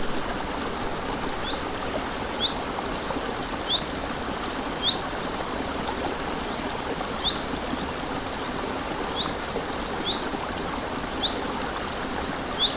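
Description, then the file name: Cricket sustains a high, rapid trill while several short chirps sound at irregular intervals, all over steady rushing water. Crickets with a stream, recorded 7 May 2014 on an MZ-N710 recorder. "MZ-N 710 Ruisseau et grillons 7 05 14"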